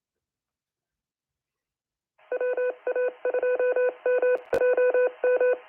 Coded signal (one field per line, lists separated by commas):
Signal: Morse code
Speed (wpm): 28 wpm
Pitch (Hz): 500 Hz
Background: none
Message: WA2MOM